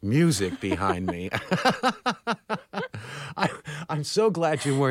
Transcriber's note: soundbite of laughter